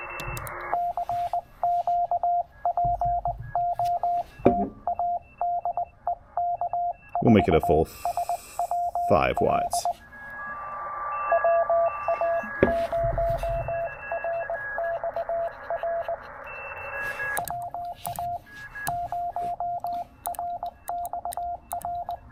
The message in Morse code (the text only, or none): CQ POTA DE K4SWL WA0RXR WA0RXR